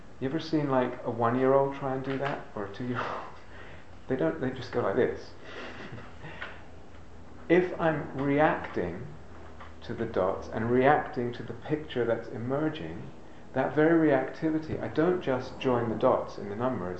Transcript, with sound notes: you ever seen, like, a one-year-old try and do that? Or a two-year-old? They don't. They just go like this. [laughs] If I'm reacting to the dots and reacting to the picture that's emerging, that very reactivity -- I don't just join the dots and the numbers.